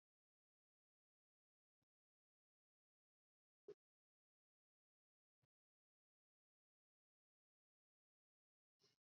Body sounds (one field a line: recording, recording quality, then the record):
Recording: shallow breathing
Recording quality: excellent, no background noise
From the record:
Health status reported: respiratory illness, not identified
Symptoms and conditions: none ticked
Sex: male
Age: 22 years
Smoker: not ticked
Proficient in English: yes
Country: India